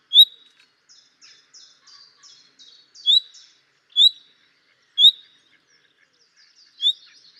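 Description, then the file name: Common nightingale: several loud upslurred whistles with soft chattering notes between them, in an otherwise quiet background. "Luscinia megarhynchos"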